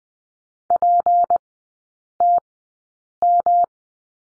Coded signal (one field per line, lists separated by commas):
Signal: Morse code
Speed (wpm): 20 wpm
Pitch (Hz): 700 Hz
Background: none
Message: PTM